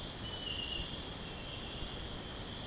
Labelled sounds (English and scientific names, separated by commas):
none